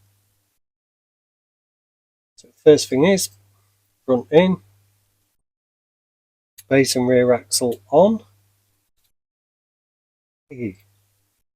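During reassembly of a restored Dinky Toys 40g Morris Oxford diecast model car, the base plate, with the front in and the rear axle on, is handled for fitting onto the metal car body. Someone talks in short bursts separated by silence. Nothing has seated or clicked yet.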